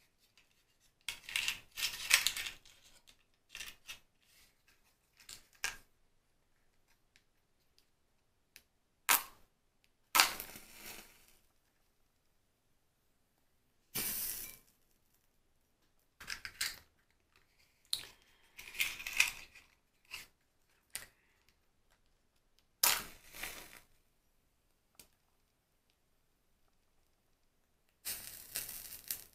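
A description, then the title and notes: Short scraping bursts of matches being struck recur every few seconds, bright and hissing, separated by silence, with faint taps between. Match Lighting Extinguishing. Tapping. Glass Sounds. Candles.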